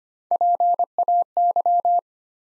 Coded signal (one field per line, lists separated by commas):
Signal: Morse code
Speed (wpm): 25 wpm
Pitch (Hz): 700 Hz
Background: none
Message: PAY